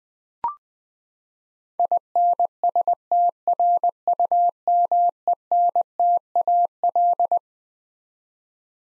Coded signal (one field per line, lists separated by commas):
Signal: Morse code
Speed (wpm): 20 wpm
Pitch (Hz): 700 Hz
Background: none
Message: INSTRUMENTAL